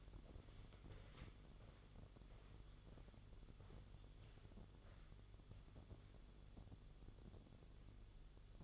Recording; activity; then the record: daily activity, microphone in the room; walk to room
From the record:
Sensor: 4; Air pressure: 1009.0 hPa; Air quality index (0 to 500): 143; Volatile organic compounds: 2 ppm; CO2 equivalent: 1033 ppm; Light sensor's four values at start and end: 14/32/13/12 and 14/33/13/12